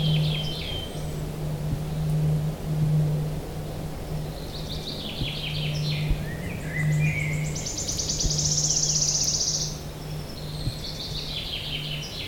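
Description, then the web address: Wood warbler giving a long, high, shivering trill, with chirps from other birds and a constant low hum behind it. "linnut sirittaja"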